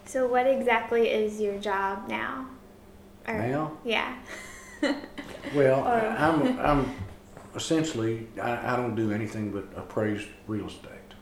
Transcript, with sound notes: So what exactly is your job now?
Now? [laughing] Well, I’m a, I’m, essentially I don’t do anything but appraise real estate.